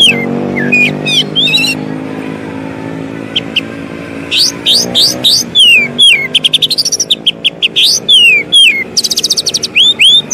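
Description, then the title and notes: Oriental magpie-robin song: varied sweet whistles and slurred notes, then fast bursts of sharp chips and rising whistles, over a steady low hum. Long-duration song material (isian) for training captive birds to sing vigorously (gacor) day and night. "Kacer Jadi Gacor Siang Malam. Isian Kacer Durasi Panjang"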